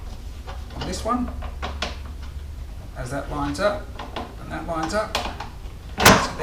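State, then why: Seated. Someone talks while lining up the second end of a PVC pipe support bar with a cut hole in a plastic bucket and pushing it in. A sharp click at 6.1 s marks the bar end seating firmly in the bucket hole.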